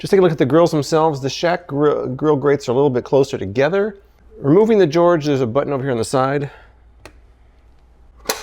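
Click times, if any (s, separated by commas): 8.3 s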